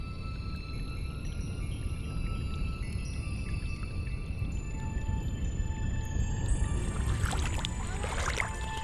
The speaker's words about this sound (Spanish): estoy grabando el sonido del agua.